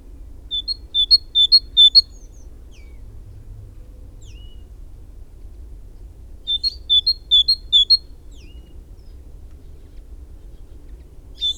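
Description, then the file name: Great tit repeating a high two-note phrase in short bursts, long quiet gaps between, a few faint thin calls and a constant low rumble. "Parus major"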